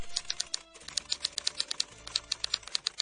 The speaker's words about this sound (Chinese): 哇，呢、這个自动打字机机真係好快喎、啊、每秒50个字，仲可以从呢一个心理学、营养学同埋社会历史学写到出嚟喎、啊。